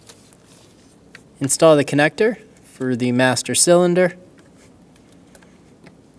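Someone talks while handling the plastic wiring harness connector for the brake master cylinder fluid level sensor on a 2012-2020 Chevrolet Sonic, getting ready to push it straight on, with faint handling taps and rustles around the speech. Nothing has seated or clicked yet.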